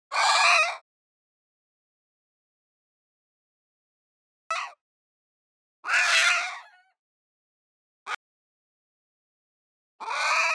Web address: chicken scream distressed